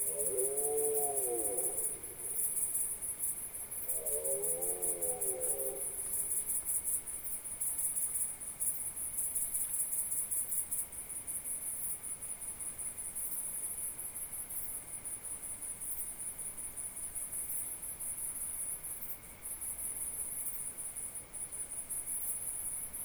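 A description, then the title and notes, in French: A dense, high, steady chorus of crickets fills the whole clip, with a fainter continuous insect whine beneath it. Near the start and again around five seconds, short bursts of rapid, wavering squeaky calls rise and fall, like dormice calling. Cette année me semble bien difficile dans le Haut-Diois. Voici donc enfin une petite ambiance en cette nuit du 26 septembre.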